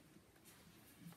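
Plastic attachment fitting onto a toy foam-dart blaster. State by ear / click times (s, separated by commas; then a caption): not seated / none. A plastic attachment is being fitted onto a plastic toy foam-dart blaster, a Nerf Accustrike Raptorstrike, set up in its super tall mode. Only low, steady handling noise is heard, with no talk. The part has not seated or clicked into place yet.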